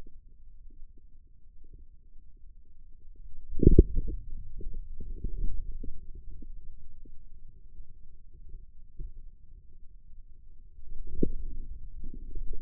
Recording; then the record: forearm muscle sounds (acoustic myography)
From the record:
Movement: inward rotation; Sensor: system 2, bracelet of six BSWA MPA416 microphones around the upper forearm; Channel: 1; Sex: male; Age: 22 years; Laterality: right